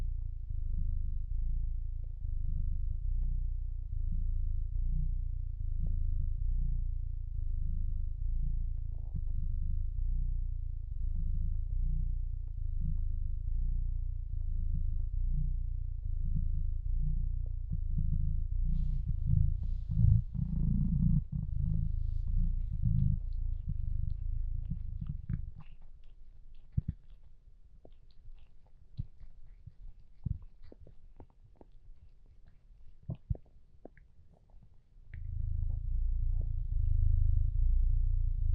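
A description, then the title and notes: A low purring rumbles steadily for about 25 seconds, drops away to faint scattered clicks and rustles, then resumes near the end. Just half an hour of the good cat boy Bilbo purring.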